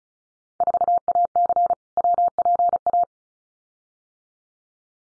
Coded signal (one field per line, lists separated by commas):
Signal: Morse code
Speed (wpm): 34 wpm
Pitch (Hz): 700 Hz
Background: none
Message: 4AC WPA